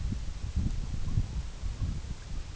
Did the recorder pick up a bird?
no